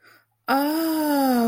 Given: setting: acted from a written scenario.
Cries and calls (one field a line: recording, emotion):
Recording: vocal sound without words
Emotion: awe